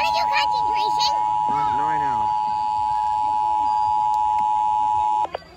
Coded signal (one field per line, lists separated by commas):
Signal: Emergency Alert System (SAME) tones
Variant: 853 and 960 Hz attention tone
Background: speech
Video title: EAS 2080-2086: Weeklies & Monthlies from 7/13/21-7/14/21